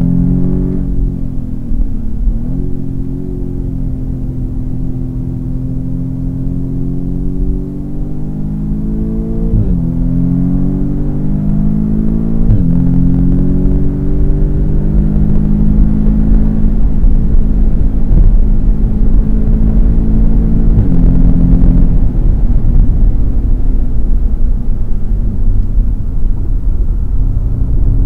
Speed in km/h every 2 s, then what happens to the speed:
84, 71, 71, 83, 100, 127, 142, 159, 163, 162, 163, 147, 118, 118.
0-2 brakes to 71. 2-15 speeds up to 163. 15-20 steady at about 163. 20-24 brakes to 118.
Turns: 0-4.